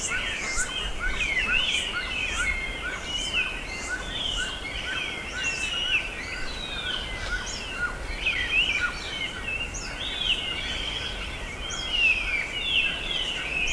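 Birds twittering and chirping together, sharp high notes and short trills crowding one another, steady noise in the background.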